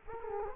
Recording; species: mosquito wingbeat signal from an infrared sensor; Culex quinquefasciatus